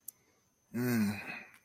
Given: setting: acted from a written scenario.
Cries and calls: vocal sound without words; ecstasy

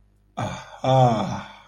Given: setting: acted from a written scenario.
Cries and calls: vocal sound without words; romantic love

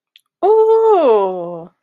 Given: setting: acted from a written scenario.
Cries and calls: vocal sound without words; positive surprise

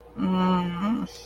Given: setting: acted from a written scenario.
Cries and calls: vocal sound without words; shame

